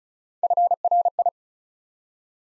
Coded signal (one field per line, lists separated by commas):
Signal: Morse code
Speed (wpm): 36 wpm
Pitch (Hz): 700 Hz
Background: none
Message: FRI